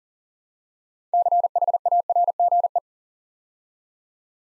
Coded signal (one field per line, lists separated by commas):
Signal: Morse code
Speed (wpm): 42 wpm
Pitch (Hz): 700 Hz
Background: none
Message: CHARGE